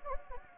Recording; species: mosquito wingbeat signal from an infrared sensor; Anopheles gambiae